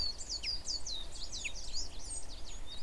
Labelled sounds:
Common Chaffinch (Fringilla coelebs)
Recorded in Germany
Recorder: ecoPi

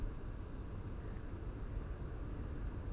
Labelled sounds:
Song Thrush (Turdus philomelos)
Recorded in Germany
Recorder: ecoPi

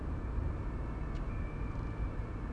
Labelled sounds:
none
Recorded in Germany
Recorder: ecoPi

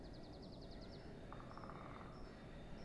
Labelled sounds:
Great Spotted Woodpecker (Dendrocopos major)
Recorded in Germany
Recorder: ecoPi

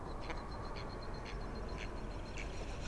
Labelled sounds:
Mallard (Anas platyrhynchos)
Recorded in Germany
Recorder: ecoPi

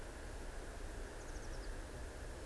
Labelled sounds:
Eurasian Blue Tit (Cyanistes caeruleus)
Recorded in Germany
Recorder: ecoPi

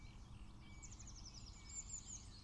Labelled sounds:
Eurasian Blue Tit (Cyanistes caeruleus)
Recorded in Germany
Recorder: ecoPi

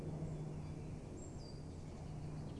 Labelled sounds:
Great Tit (Parus major)
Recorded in Germany
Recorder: ecoPi

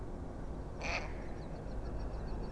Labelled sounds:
Mallard (Anas platyrhynchos)
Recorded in Germany
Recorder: ecoPi

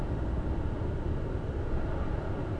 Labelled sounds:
none
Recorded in Germany
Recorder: ecoPi

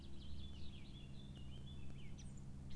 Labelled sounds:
Eurasian Blackcap (Sylvia atricapilla)
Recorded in Germany
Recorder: ecoPi

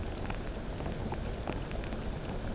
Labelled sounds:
Common Chiffchaff (Phylloscopus collybita)
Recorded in Germany
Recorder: ecoPi

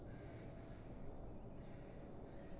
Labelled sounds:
Eurasian Blue Tit (Cyanistes caeruleus)
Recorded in Germany
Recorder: ecoPi

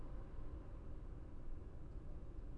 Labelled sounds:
none
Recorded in Germany
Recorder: ecoPi

